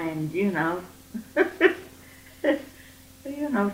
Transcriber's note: laughs